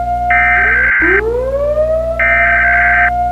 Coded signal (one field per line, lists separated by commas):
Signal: Emergency Alert System (SAME) tones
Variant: header bursts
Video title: HellBreaker’s Rampage (EAS)